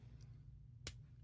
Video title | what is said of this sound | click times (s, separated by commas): Transformers Seaspray - Which Is Better? - Rock Nerd Radio | So it will lock, but then you do have some nice deep bend on there as well. | 0.9 s